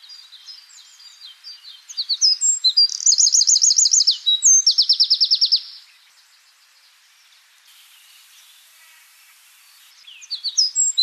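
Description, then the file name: Eurasian wren song: soft high notes build into loud, fast metallic trills, then a few seconds of quiet before the bird starts another strain. "Troglodytes troglodytes"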